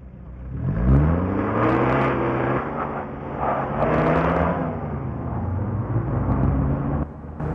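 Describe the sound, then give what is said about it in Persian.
A car engine revs up, its low harmonic tone rising and falling as the vehicle pulls away after a man gets in, heading to the airport, with a steady loud rumble throughout and a brief drop near the end. “در حالی که اکبر سوار ماشین میشه، حمید با ناراحتی به اون نگاه میکنه.”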